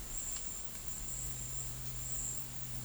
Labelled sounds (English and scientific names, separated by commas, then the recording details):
none
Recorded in dense forest near Puerto Asís, Putumayo, Colombia, on 20 February 2024 at 13:30
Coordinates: 0.484, -76.317
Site G6464